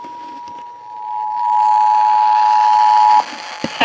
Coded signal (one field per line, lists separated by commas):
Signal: Emergency Alert System (SAME) tones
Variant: 853 and 960 Hz attention tone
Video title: Southern Oregon's RMT via KVIP (EAS #2661-2662)